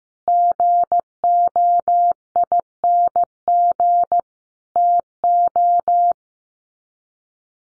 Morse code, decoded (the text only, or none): GOING TO